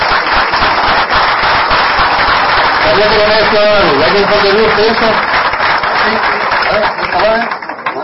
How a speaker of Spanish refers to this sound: Vamos a darle otro gran aplauso a Guillermo Díaz.